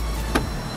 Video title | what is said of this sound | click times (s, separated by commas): วิธีการเปลี่ยนกรองแอร์แบบง่ายๆ ผู้หญิงเราก็ทำได้นะ!! | การบีบแกะนิดหน่อยให้ตัวเข้าล็อคเสร็จแล้วนำกระบอกโช๊คกลับมาใส่ไว้ที่เดิมแค่ | 0.4 s